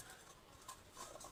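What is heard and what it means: An impeller (fan) that was not sitting right is reseated on the shaft of a submersible pump stage during a pump rebuild. A single soft hit is heard at 0.7 s, with another faint knock around 1.0 s, over a quiet background. The impeller is now seated evenly on the shaft.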